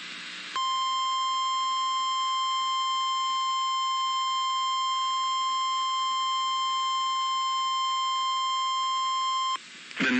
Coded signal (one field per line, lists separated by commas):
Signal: Emergency Alert System (SAME) tones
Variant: 1050 Hz attention tone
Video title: OVER 300 ALERTS NOW! - EAS Alerts from 7/27/2023 EAS (#294-#306)